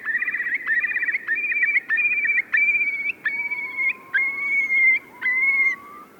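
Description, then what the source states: Eurasian curlew, a rapid bubbling trill that slows into long, level whistled notes separated by short pauses. Call said to interweave major and minor keys thanks to a special voice box and to stop people in their tracks; species once bred on Ashdown Forest but is now gone there.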